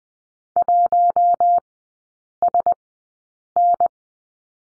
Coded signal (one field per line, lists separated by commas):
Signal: Morse code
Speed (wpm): 20 wpm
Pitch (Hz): 700 Hz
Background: none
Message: 1SN